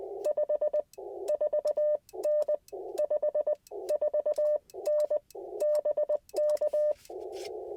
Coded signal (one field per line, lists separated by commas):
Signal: Morse code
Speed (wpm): 19 wpm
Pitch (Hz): 600 Hz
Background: none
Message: 54N 54N BK